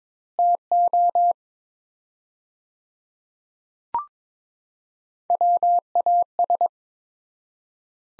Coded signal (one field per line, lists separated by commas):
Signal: Morse code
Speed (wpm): 21 wpm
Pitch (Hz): 700 Hz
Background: none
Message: TO WAS